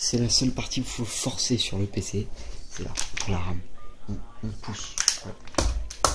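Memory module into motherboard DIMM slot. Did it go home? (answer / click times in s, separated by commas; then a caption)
yes / 5.6 s, 6.0 s. A RAM stick is pushed firmly into a memory (DIMM) slot on a motherboard while someone talks. Sharp clicks at 5.6 and 6.1 seconds mark its retaining clips snapping shut, and the module is seated.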